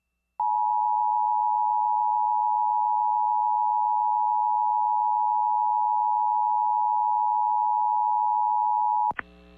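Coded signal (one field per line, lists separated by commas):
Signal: Emergency Alert System (SAME) tones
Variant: 853 and 960 Hz attention tone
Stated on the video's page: Caught on an FM radio station's online stream.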